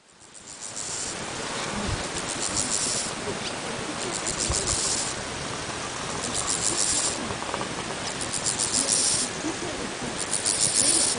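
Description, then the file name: Bow-winged grasshopper song: a series of high, rasping buzzy bursts over a constant noisy hiss. "Chorthippus biguttulus"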